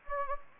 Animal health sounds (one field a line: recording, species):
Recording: mosquito wingbeat signal from an infrared sensor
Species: Anopheles gambiae